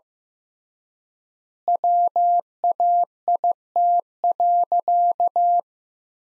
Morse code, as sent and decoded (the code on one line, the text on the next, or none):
.-- .- .. - .-.-.-
WAIT.